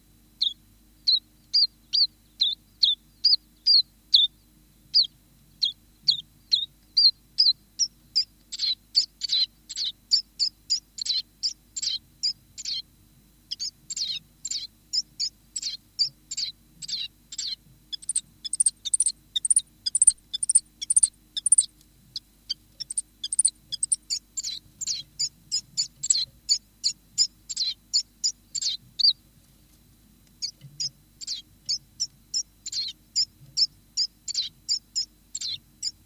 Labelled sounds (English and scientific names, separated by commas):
Common Chiffchaff (Phylloscopus collybita)